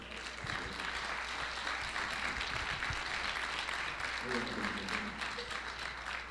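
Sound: audience applause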